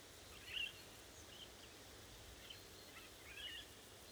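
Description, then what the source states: Eurasian golden oriole short, rough call notes, a louder one early and a fainter cluster near the end, against constant hiss. Several golden orioles calling, described as talking.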